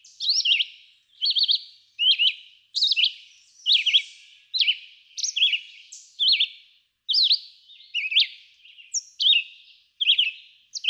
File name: Red-eyed Vireo